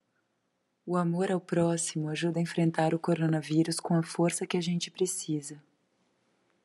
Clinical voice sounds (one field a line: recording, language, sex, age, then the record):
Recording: spoken sentence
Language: Brazilian Portuguese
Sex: female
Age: 30 to 39 years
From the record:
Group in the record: control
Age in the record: 36 years